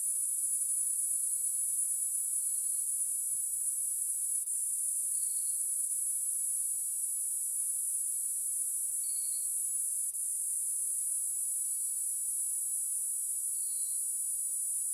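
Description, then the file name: Cicada song: an unbroken, very high shrill drone holding steady throughout, with softer pulsed buzzy bursts recurring beneath it. Recorded in Nyika National Park. "Platypleura sp Nyika NP"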